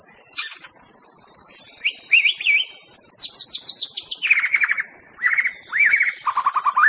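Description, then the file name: White-rumped Shama song: a long varied sequence of whistled notes, fast descending trills and repeated slurred phrases, with a continuous high-pitched insect hum behind. Wild forest-dwelling bird. "suara muraibatu hutan. omkicau"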